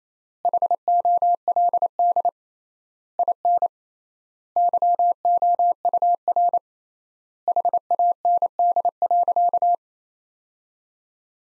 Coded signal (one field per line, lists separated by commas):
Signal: Morse code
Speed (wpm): 28 wpm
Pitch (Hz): 700 Hz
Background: none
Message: HOLD IN YOUR HAND.